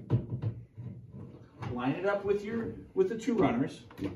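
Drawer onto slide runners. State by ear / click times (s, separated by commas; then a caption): not seated / none. A soft-closing drawer is held with its side latches in place and lined up with the two slide runners before being pushed home, while someone talks. A couple of short knocks from the handling come through, and the drawer has not seated or clicked yet.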